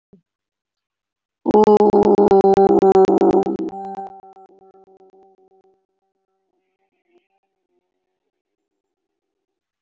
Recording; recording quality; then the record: sustained vowel as in boot; excellent, no background noise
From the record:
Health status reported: healthy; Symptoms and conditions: diabetes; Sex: female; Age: 46 years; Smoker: not ticked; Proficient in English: yes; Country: India